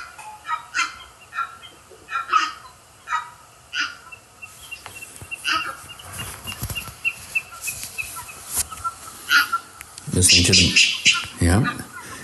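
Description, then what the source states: Brown Booby calls: harsh notes repeated in a steady rhythm, becoming denser, with a burst of loud, lower noise near the end. Recording played on air; hosts say it sounds tropical and water-like, as if near water, nothing extraordinary.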